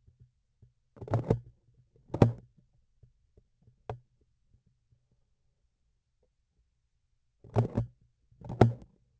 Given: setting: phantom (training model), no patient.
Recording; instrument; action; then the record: laparoscopic instrument, vibration sensor on the handle end; grasping forceps; opening and closing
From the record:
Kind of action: tool actuation without material contact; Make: other than Olympus